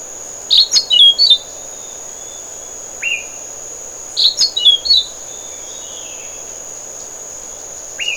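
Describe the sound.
Orange-billed nightingale-thrush repeating brief scratchy, tumbling phrases, each followed by a short clear whistled note, against a continuous shrill insect hum.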